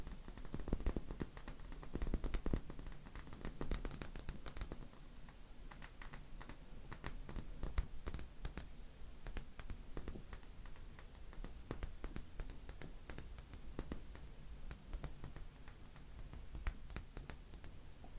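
Tapping runs throughout, quick and irregular, with sharp clicky hits scattered densely across the whole clip. The taps are crisp, bunching more thickly in the first five seconds, over a low steady rumble and a soft hiss underneath.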